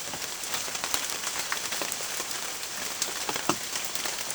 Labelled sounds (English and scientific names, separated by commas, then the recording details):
none
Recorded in secondary vegetation near Puerto Asís, Putumayo, Colombia, on 25 June 2025
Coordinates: 0.488, -76.319
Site G094